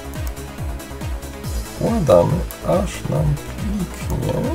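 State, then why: Not seated. A memory card is being handled at the card slot of an ISAW A3 Extreme action camera, to be pushed in until it clicks and stays inside, while someone talks over repeating background music. No click is heard; the card has not yet seated or clicked into the slot when the clip ends.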